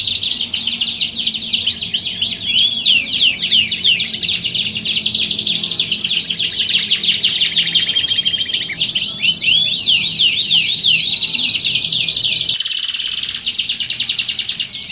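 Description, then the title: Canary singing a sustained, rapid high-pitched warbling of trills and chirps that barely pauses, with a soft steady low background hum. Belgian canary; warm-up song used to train canaries for singing contests and build a champion bird's confidence. "Canto Para Esquentar Canário Belga. Simulasi Lomba Kenari. Suara Kenari Lomba. Melatih Mental Kenari Juara"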